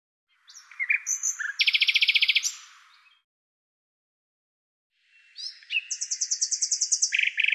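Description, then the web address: Bird calling in two bursts of high, rapid chirps and buzzy trilled notes separated by about two seconds of silence, with no other sounds. "cianscape birddata Deverinetal Bird"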